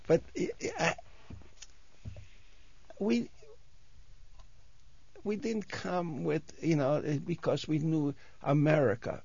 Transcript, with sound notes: But we, (he pauses) we didn't come with, you know, because we knew America.